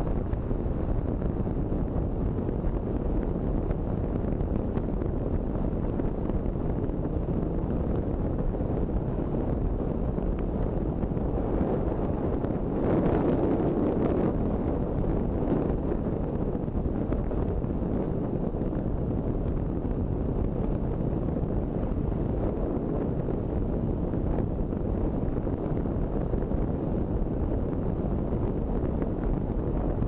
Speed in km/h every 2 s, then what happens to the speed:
61, 61, 61, 61, 61, 60, 59, 60, 60, 60, 60, 58, 59, 59, 59.
0-30 steady at about 60.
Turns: none.